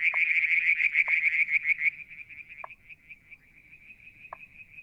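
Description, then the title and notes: Frogs calling with a quick, throbbing high trill for two seconds, followed by softer, slower pulses and several short, lower popping notes. Striped marsh frog, Verreaux's tree frog and an unidentified frog calling one July 2022 evening near a water tank at Mount Wilson, New South Wales, Australia. "Frog song, Mount Wilson, New South Wales, Australia in July 2022 – by Alexander Moffatt. Limnodynastes Peronii, Litoria Verreauxii and a mystery frog one evening near the water tank"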